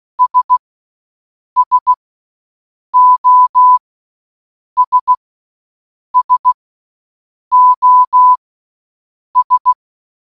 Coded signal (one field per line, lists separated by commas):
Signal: Morse code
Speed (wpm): 16 wpm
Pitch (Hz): 1000 Hz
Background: none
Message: S SOS SOS